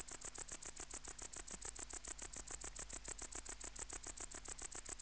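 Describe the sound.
Tettigonia hispanica bush-cricket singing a rapid, regular series of sharp high clicks, continuous from start to finish over a quiet low background hum.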